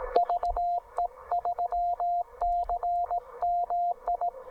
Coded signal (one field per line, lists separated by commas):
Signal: Morse code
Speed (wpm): 18 wpm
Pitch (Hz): 700 Hz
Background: radio noise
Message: VE3CMI